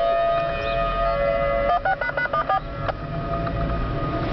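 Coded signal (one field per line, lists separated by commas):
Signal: DTMF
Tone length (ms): 80 ms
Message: 16##4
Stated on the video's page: Outdoor siren test ambience with DTMF activation tones at the start; sirens failed initially, then a very short Alert signal.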